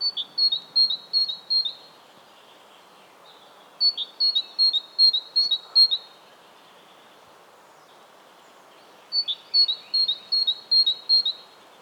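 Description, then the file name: Great tit song, a bright two-note phrase repeated several times in a row, sung in three bursts several seconds apart over background noise. "Parus major"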